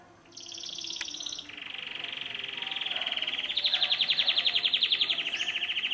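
Canary song with a brief high trill, a lower buzzy roll, then a long rapid rattling trill building louder toward the end.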